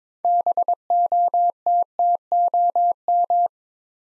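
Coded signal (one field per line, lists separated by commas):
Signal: Morse code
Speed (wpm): 21 wpm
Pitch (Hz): 700 Hz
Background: none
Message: BOTTOM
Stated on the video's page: Morse new-word head-copy drill at 22 wpm; each word is sent, then spoken, then sent again.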